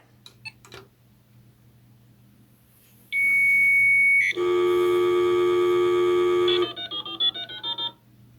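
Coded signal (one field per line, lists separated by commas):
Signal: 300-baud modem data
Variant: Bell 103, 300 baud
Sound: clicks, a steady high answer tone, then buzzy steady modem tones and short bursts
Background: room hum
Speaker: we are going to dial this thing we are going to use its builtin Bell 103 compatible modem to call the national research Council of Ken Canada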